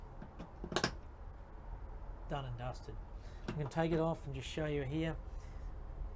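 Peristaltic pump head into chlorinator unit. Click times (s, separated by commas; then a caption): 0.8 s. The removable peristaltic pump head of a Vi Premium pool chlorinator is pushed back onto its housing and seats, with two sharp clicks in quick succession at about 0.8 s. Someone then talks for the rest of the clip.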